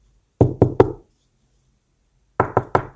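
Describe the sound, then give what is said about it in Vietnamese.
Two bursts of three heavy, resonant knocks as a hand pounds on the wooden door of a coffin shop on a snowy morning, loud and evenly spaced, separated by a pause of silence, with no voices. “vỗ mạnh lên cửa tiệm quan tài hô to”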